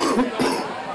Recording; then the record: coughing mixed with background sound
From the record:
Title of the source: Coughing 77